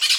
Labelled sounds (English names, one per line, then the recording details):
Brown-throated Parakeet contact call
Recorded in Venezuela
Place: Maracay, UCV-Agronomy campus
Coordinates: 10.278, -67.607